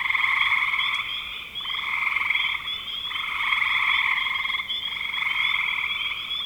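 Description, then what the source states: Frogs calling in a pulsing trilled chorus, phrases broken by short pauses. Frogs recorded in spring 2025.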